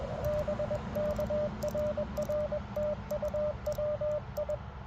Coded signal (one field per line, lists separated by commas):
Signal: Morse code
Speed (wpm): 20 wpm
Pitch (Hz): 590 Hz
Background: radio noise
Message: BK RR TU WI